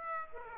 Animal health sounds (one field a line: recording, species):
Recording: mosquito wingbeat signal from an infrared sensor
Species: Aedes aegypti